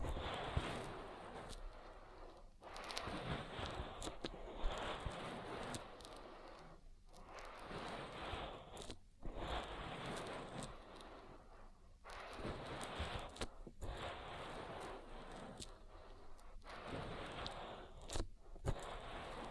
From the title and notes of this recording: ASMR Oil Ear Massage for Deep Relaxation (No Talking).